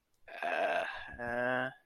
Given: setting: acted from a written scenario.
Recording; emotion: vocal sound without words; shame